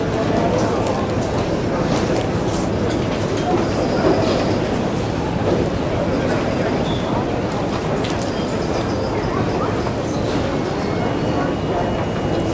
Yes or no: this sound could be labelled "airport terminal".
yes